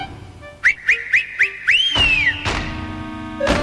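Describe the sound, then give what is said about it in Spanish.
Four quick, evenly spaced whistle chirps, then one long swooping whistle that rises and falls, a whistle herding hundreds of llamas in a mountain valley. A loud, noisy burst follows. “Y sí, allí estaban, en el valle, cientos de llamas arreadas por el dios enano y su inconfundible silbido.”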